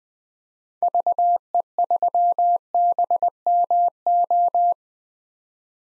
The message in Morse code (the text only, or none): VE3BMO